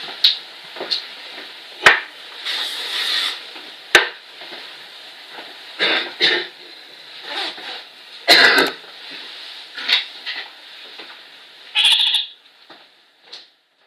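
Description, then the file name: Orange-fronted parakeet giving scattered harsh, buzzy chattering calls, with a few louder bursts, over steady faint background noise. "kakariki zvuki"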